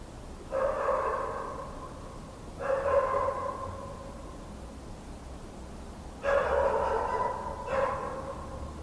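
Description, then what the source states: Dog giving long, tonal barks: two spaced bursts, a longer pause, then two more close together, with faint low rumble underneath. Mongrel dogs barking at night in winter.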